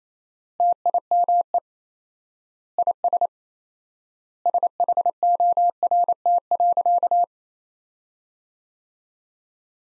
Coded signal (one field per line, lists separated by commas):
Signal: Morse code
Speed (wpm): 28 wpm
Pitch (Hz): 700 Hz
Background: none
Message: TIME IS SHORT.